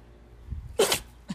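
A single short, sharp sneeze from Cornbread, a small household pet: a hissing burst lasting about a fifth of a second, preceded by a faint snuffle. Otherwise the room is quiet, apart from a small sound at the very end.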